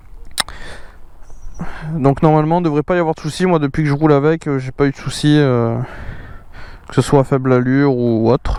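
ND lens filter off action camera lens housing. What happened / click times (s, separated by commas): The small attachment snapped free of its mount / 0.4 s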